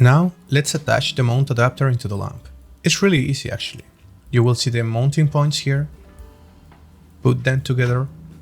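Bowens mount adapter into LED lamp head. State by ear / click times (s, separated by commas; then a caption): not seated / none. A Bowens mount adapter is lined up with the mounting points on a Zhiyun Molus G60 LED lamp head and the two are put together, ready to be twisted until it locks. Someone talks throughout, with faint background music and a short handling sound near 6.7 s. The clip ends before the adapter is twisted home, so nothing has seated or clicked yet.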